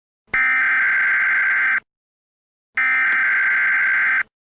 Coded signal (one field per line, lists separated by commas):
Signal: Emergency Alert System (SAME) tones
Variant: header bursts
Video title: top 3 south korean eas alarm